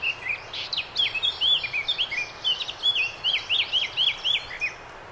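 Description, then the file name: Eurasian blackcap song: a quick scratchy start leading into a steady string of loud, clear whistled notes repeated about four times a second. "Sylvia atricapilla"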